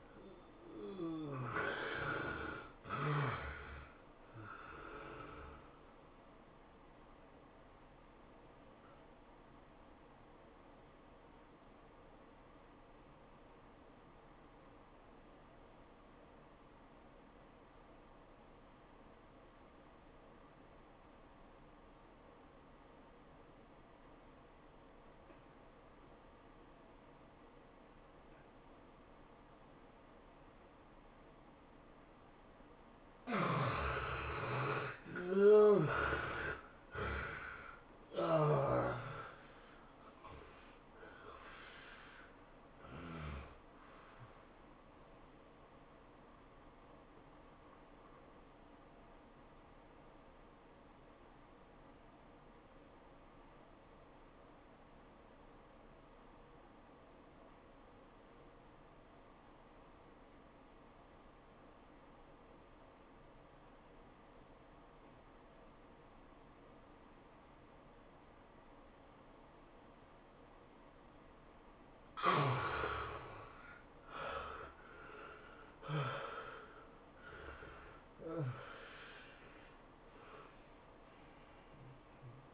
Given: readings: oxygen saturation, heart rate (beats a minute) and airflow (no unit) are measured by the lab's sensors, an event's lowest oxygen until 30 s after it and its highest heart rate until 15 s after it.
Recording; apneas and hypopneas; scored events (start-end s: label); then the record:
breathing in sleep by a voice recorder at the bedside; 2
8.00-33.30 s: obstructive apnea (N1, oxygen 96% highest, then 69% lowest, heart rate 99 at the start, 108 highest)
9.00-39.00 s: new sleep stage, N2 (light sleep)
39.00-82.54 s: new sleep stage, N1 (lightest sleep)
48.00-74.20 s: obstructive apnea (N1, oxygen 95% highest, then 70% lowest, heart rate 91 at the start, 107 highest)
From the record:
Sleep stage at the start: N1 (lightest sleep); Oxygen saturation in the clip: 69 to 96%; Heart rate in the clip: 80 to 108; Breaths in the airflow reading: 10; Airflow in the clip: -15.6 to 15.7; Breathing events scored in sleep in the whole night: 403 in 5.5 hours asleep